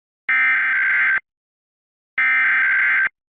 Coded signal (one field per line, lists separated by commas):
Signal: Emergency Alert System (SAME) tones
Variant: header bursts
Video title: Pennsylvania RMT for March 2025 [EAS #1,925-1,930]